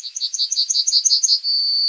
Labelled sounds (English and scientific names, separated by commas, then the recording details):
Yellowhammer (Emberiza citrinella) song
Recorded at under 5 m from the bird
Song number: 135